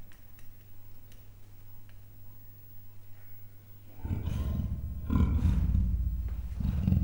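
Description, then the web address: Leopard growl: after about four seconds of low hum, loud, rough, low growls and coarse rasping bursts start and keep coming. Captive male and female leopards at a zoo in Miskolc, growling with a muffled cry, recorded in 2009. "2009 standardt leopard himnosteny morgasfojtottkialtas"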